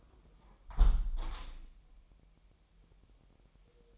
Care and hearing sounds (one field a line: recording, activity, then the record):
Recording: daily activity, microphone in the room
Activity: close window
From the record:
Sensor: 1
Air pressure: 1000.3 hPa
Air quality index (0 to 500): 246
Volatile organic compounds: 139 ppm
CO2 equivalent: 3971 ppm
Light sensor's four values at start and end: 11/26/10/11 and 11/26/10/11